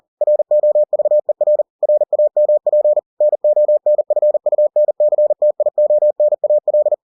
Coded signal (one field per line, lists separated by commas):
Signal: Morse code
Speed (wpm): 40 wpm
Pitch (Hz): 600 Hz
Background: none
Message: ROVER RAMP NONFUNCTIONAL